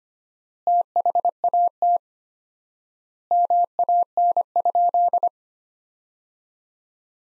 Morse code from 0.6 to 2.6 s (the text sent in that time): THAT